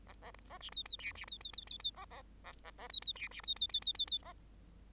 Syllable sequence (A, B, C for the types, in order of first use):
A A A B C C D B C C C C C A A A A A C C D B C C C C C C A